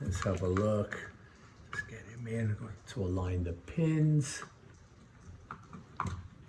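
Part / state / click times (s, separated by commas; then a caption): wiring harness connector into the back of a hardwired smoke/CO alarm / seated / 6.0 s. A plastic wiring harness connector is lined up by its pins and pushed into the socket on the back of a new hardwired smoke and carbon monoxide alarm while someone talks. A sharp click at 6.0 s marks the plug snapping in, seated and confirmed.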